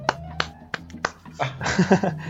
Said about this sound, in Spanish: Y muy bien, un aplauso. Y no sé si lo pueden escuchar, pero estoy aplaudiendo.